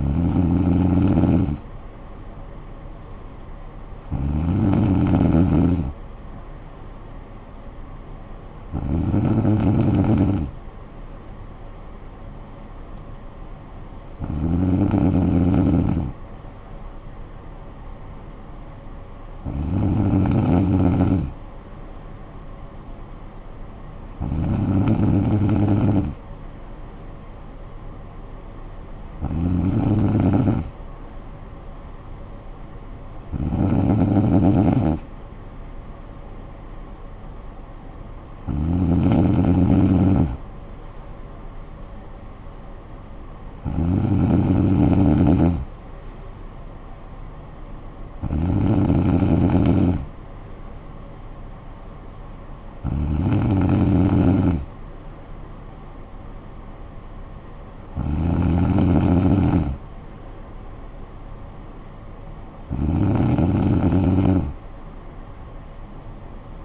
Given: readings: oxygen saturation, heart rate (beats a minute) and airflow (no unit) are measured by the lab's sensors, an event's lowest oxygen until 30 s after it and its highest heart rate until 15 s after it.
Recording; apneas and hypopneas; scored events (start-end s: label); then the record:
breathing in sleep by a smartphone at the bedside; none
none scored
From the record:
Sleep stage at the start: N2 (light sleep); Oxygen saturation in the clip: 94 to 95%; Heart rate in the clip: 51 to 59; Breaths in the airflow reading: 14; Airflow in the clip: -9.9 to 6.4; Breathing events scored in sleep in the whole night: 445 in 7.6 hours asleep